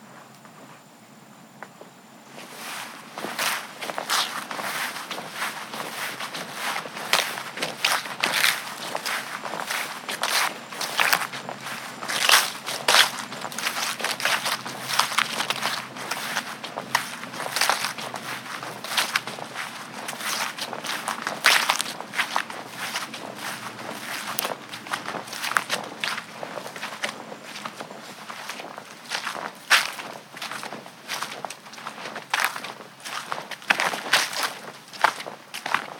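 Footsteps crunch steadily through the woods on an early evening walk, a dense run of sharp, bright steps starting after a quiet first two seconds. The pace stays brisk and fairly even throughout, over a soft continuous wash in the background.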